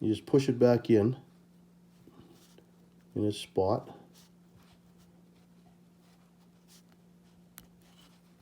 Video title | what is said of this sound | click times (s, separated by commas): Sportdog Training Collar Battery Replacement and Check | Okay, and you'll hear it click. | 7.6 s